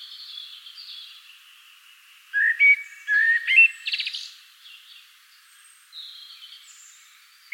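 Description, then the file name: Common blackbird song: a short sequence of loud whistled notes with a scratchy twittered ending, then soft calls and one final note. "Turdus merula"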